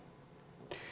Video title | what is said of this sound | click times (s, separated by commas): Getting a new BB after my crank FELL OFF (!) | and just slide it and it'll lock into place slick | 0.7 s